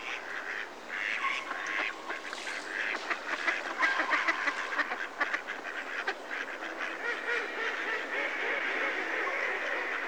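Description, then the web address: Mallard quacking, a dense chorus of rapid, harsh nasal quacks overlapping from several ducks, swelling in the middle and continuing steadily to the end. Mallard calls, close perspective. "The BBC Sound Effects Library. Mallard (Anas Platyrhynchos)"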